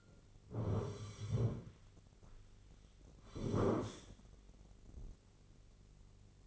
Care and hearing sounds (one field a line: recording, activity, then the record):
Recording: daily activity, microphone in the room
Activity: sit down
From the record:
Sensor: 4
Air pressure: 1010.1 hPa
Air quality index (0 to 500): 180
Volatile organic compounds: 2 ppm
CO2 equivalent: 1302 ppm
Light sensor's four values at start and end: 42/104/43/47 and 42/104/43/47